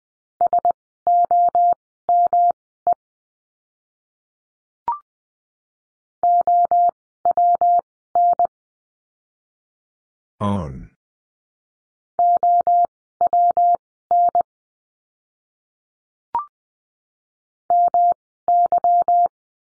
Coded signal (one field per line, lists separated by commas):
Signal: Morse code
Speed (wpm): 20 wpm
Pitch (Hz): 700 Hz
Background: none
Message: SOME OWN OWN MY